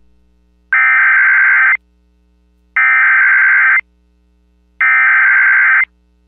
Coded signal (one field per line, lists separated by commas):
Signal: Emergency Alert System (SAME) tones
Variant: header bursts